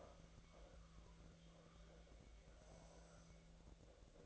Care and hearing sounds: daily activity, microphone in the room; make coffee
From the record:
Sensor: 3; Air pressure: 1009.3 hPa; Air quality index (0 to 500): 198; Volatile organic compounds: 17 ppm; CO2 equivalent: 2564 ppm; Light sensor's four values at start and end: 33/84/35/38 and 33/84/35/38

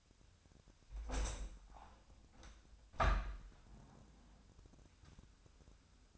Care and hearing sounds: daily activity, microphone in the room; open window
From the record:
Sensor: 2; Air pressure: 1006.2 hPa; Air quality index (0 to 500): 180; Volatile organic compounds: 9 ppm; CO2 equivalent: 2197 ppm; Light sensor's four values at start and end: 8/20/8/8 and 9/21/9/9

